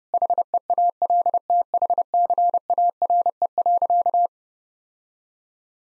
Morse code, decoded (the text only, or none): HEALTHCARE.